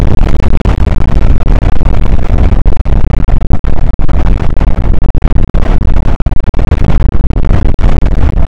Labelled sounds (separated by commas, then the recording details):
wind
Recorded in the Prudhoe Bay oil fields, Alaska, on 8 May 2019 at 00:00
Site 24